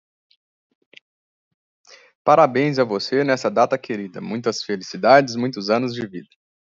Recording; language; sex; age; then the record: short text; Brazilian Portuguese; male; 30 to 39 years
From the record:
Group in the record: control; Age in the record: 33 years